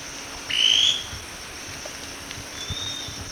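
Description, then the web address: Scale-crested pygmy-tyrant call: a single brief, clear note sliding upward, followed by a fainter thin note, against soft background hiss. Recorded in Ecuador. "Birds of Ecuador 3 Scale-Crested Pygmy-Tyrant"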